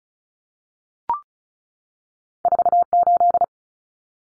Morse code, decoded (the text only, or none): 48